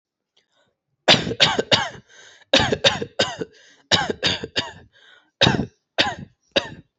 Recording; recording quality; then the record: shallow voluntary cough; excellent, no background noise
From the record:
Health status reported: healthy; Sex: male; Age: 20 years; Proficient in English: yes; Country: India